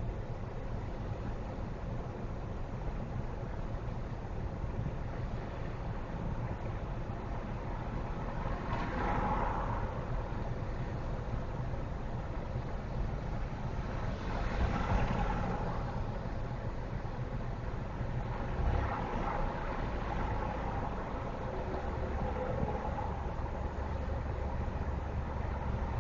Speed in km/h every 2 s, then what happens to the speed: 0, 0, 0, 0, 0, 0, 0, 0, 0, 0, 0, 0, 0.
0-26 standing.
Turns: none.